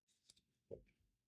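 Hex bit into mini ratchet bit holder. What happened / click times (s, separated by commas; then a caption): The bit snapped into the holder / 0.3 s, 0.7 s. A hex driver bit is pushed into the bit holder of a mini ratchet and seats. Two sharp, short clicks are heard at 0.3 s and 0.7 s, the second with a fuller, lower thud.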